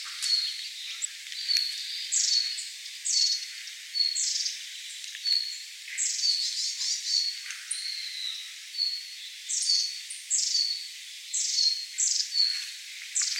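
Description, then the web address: Red-flanked bluetail calls: thin high notes given at irregular intervals, mixed with short rising chirps. Recorded on 7 January 2014. "birdenaga red-flanked bluetail 140107"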